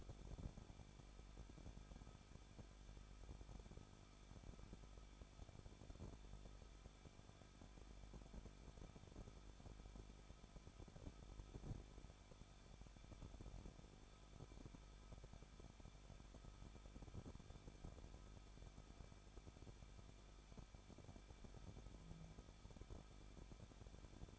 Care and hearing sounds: daily activity, microphone in the room; no activity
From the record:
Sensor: 5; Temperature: 20.8 degrees Celsius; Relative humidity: 38.5%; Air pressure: 1006.5 hPa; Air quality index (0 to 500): 191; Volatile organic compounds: 20 ppm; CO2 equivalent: 2689 ppm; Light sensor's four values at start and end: 2/3/1/1 and 2/3/1/1

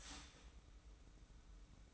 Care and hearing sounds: daily activity, microphone in the room; start toaster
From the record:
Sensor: 1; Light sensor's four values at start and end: 22/53/22/24 and 22/53/22/24

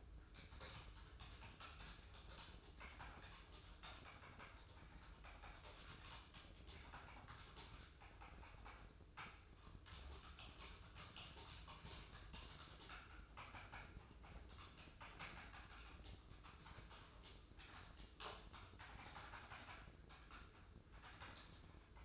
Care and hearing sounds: daily activity, microphone in the room; typing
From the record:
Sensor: 2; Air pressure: 995.1 hPa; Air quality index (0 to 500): 64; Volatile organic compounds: 2 ppm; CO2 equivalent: 1090 ppm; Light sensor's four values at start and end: 17/57/21/22 and 17/57/21/21

